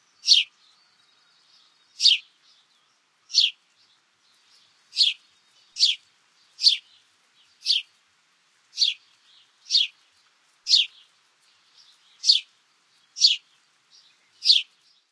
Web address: Songs of Birds of North America Stokes. House Sparrow